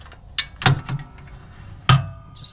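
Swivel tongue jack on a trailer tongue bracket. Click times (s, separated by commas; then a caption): 1.9 s. A swivel tongue jack on the tongue bracket of a small steel camping trailer is lifted and folded back until its pin latches in the stowed travel position. A few lighter knocks and rattles at 0.4, 0.7 and 0.9 seconds lead up to a sharp metallic hit at 1.9 seconds as the jack locks into place for travel.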